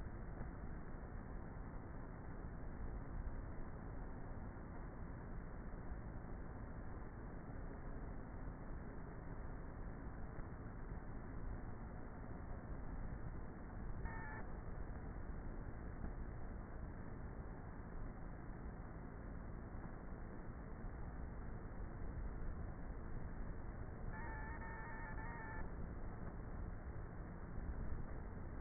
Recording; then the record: honeybee colony, microphone inside the hive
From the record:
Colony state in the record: queenless with a low population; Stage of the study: before two queens were removed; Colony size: about 30,000 bees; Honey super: no